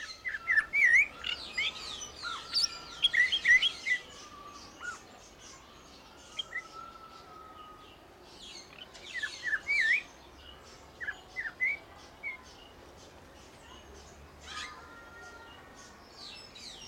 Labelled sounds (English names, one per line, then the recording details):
Snowy-crowned Robin-Chat
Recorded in captivity
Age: adult
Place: Zoo Berlin, Berlin, DE
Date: 1992-08-22 12:10
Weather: heiter, 17-20°C
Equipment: Marantz CP 430, Sennheiser ME 80, Kopie Tesla B 116
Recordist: Tembrock, Günter